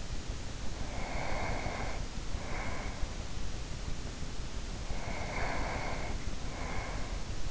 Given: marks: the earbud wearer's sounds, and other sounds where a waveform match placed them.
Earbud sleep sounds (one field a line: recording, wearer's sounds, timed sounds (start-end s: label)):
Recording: sounds in sleep by an in-ear microphone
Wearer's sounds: breath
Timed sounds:
0.66-3.58 s: breath
4.98-7.51 s: breath